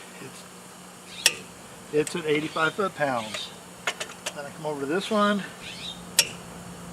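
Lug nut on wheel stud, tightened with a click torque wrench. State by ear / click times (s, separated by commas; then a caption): torque reached / 6.2 s. A lug nut on a wheel stud of a 2002 Dodge Stratus, during a brake job, is tightened across the star pattern with a click torque wrench set to 85 ft-lb while someone talks over a steady low hum. Several short, sharp ticks are heard earlier, then the wrench gives its loud click at 6.2 s, confirming the nut has reached 85 ft-lb.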